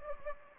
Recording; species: mosquito wingbeat signal from an infrared sensor; Anopheles gambiae